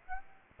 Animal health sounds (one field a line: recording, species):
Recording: mosquito wingbeat signal from an infrared sensor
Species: Aedes aegypti